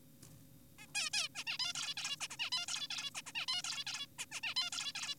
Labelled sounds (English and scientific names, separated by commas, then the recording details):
Zebra Finch (Taeniopygia guttata)
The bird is an adult
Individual g4p5U